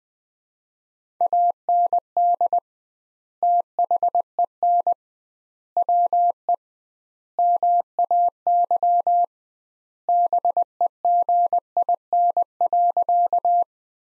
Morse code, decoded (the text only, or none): AND THEN WE MAY BEGIN.